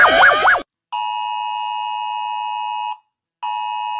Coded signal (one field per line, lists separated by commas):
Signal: Emergency Alert System (SAME) tones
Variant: 853 and 960 Hz attention tone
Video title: Rating eas siren sound (idk why I made this, I saw other do so…) #FlipaClip